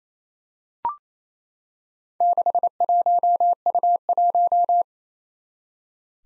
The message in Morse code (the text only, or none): 61U1